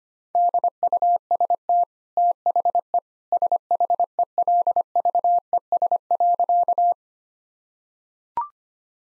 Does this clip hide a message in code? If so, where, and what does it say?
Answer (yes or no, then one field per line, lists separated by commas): yes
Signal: Morse code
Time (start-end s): 0.3-6.9 s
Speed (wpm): 25 wpm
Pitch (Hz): 700 Hz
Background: none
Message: DUST THE SHELVES.